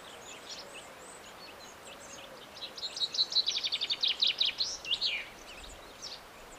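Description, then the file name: Common chaffinch song: a quickening series of bright notes falling in pitch, ending in a flourish, with soft low whistles earlier. "Fringilla coelebs"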